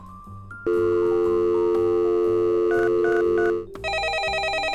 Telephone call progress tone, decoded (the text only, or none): dial tone